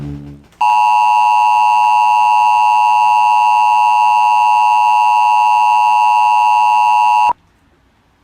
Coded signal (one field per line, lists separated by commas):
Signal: Emergency Alert System (SAME) tones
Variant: 853 and 960 Hz attention tone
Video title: EMERGENCY ALERT SYSTEM…NUCLEAR WARNING ⚠️ THIRD WOE!!!